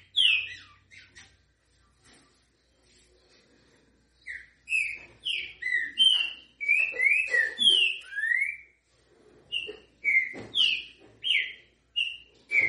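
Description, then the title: Green-winged Saltator giving loud, rich slurred whistles in quick succession after a quieter opening. Song in the local style called canto grego mole com boi. "Canto De Trinca Ferro. TRINCA=FERRO CANTO GREGO MOLE COM BOI"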